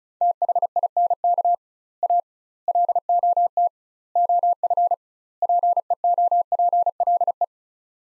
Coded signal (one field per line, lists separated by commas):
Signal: Morse code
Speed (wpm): 36 wpm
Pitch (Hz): 700 Hz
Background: none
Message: THINK A LOT OF PEOPLE